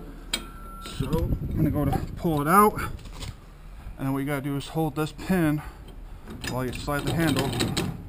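A steel crank handle on a trailer's landing gear gearbox is pulled out and slid while the release pin is held, to lock it into the low-gear position so the trailer can be cranked up. Someone talks throughout, with a brief sharp sound at 0.3 s and low mechanical handling noise. The handle has not yet locked into place, and nothing has seated or clicked by the end of the clip.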